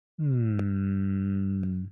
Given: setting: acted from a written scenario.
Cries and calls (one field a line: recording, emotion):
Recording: vocal sound without words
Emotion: shame